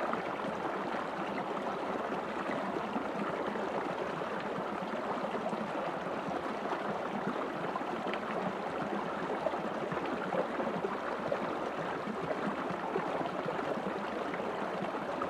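A creek runs steadily, its water rushing and babbling in a dense, even wash that never lets up across the whole stretch. The flow sounds full, weighted in the middle range, with small bright splashes and gurgles flickering through it.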